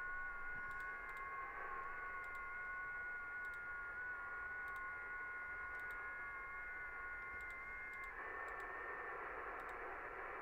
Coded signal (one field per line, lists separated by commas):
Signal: FT8